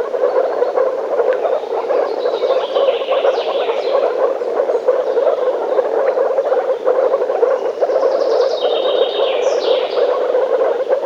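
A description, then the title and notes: Frogs call in a forest, a dense, unbroken chorus of rapid croaks filling the low-middle range at a steady level throughout. Thin, higher chirps rise faintly above it now and then, most noticeably around three to four seconds and again near nine seconds. Лягушки (frogs in the forest).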